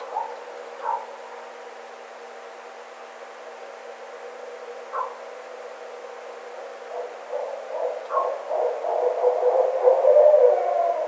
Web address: Barred Owl 2009 04 09 Barred Owl